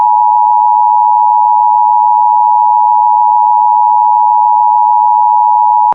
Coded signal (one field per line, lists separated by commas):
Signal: Emergency Alert System (SAME) tones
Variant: 853 and 960 Hz attention tone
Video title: EAS #765: EAS Required Monthly Test- May 5, 2023- 10:15AM PDT